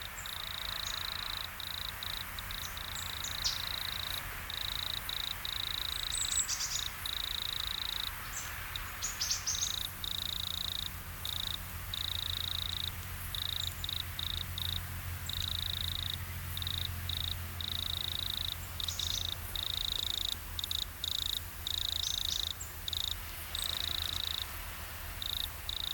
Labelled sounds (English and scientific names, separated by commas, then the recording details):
Great Tit (Parus major)
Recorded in the wild
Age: adult
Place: Treuchtlingen, Heumöderntal, Bayern, DE
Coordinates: 48.96, 10.91
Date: 1993-09-02
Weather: sonnig 14°C
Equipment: Marantz CP 430, Sennheiser MKH 416 T, Kopie Uher Variocord 263
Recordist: Tembrock, Günter